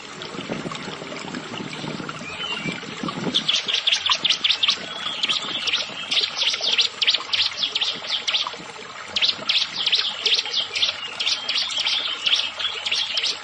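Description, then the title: Prinia song: long rapid runs of high, dry chipping notes after a few seconds of rustling noise, with a short break midway before the notes resume. "Ciblek Sawah"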